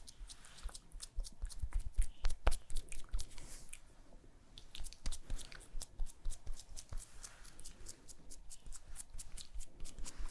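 Fast, aggressive layered makeup sounds: a dense stream of sharp clicks, taps and snips, many landing in quick bursts a few per second. Activity thins briefly around four seconds, then picks back up, with a soft rustling bed underneath throughout.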